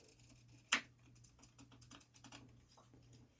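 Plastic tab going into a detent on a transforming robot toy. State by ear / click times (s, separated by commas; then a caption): seated / 0.7 s. A plastic tab on the X-Transbots Yaguchi transforming robot toy, in car mode, is pushed into the front detent and seats with one sharp, loud click at 0.7 s. Softer handling taps and rustles of plastic follow, and someone talks.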